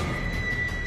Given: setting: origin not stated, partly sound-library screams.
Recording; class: one-second piece from a danger detection set; woman in danger